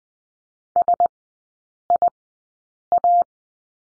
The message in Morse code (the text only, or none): SIA